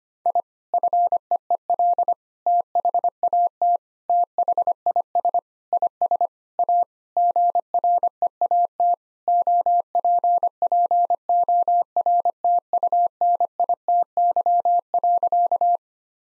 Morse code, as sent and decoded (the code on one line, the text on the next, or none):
.. / ..-. . . .-.. / - .... .- - / - .... .. ... / .. ... / .- / --. .-. . .- - / --- .--. .--. --- .-. - ..- -. .. - -.-- .-.-.-
I FEEL THAT THIS IS A GREAT OPPORTUNITY.